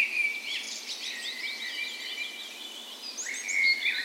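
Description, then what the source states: Birds chorusing, a long thin whistle held under quick twittering notes, with a bright trill breaking in near the end. Spring dawn chorus in a park west in Bergen, Norway, morning of 17 May, National Day; recorded with Sony PCM A10 and LOM Usi microphones as tree ears.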